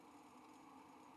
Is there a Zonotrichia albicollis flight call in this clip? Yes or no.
no